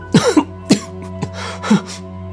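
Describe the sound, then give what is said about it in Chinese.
A man coughs in a quick, uneven series of four or five harsh, throaty bursts, some clipped short, with rasping breaths between them and no speech, set off by a heavy smell of blood. “他一只手抹掉眼角的泪，浓重的血腥味让他止不住开始咳嗽起来。”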